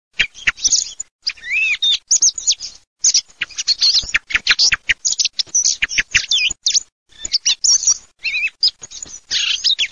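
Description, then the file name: Thrush singing a fast run of varied notes, some whistled and some scratchy, broken by brief gaps, with no other sounds. "tordochio"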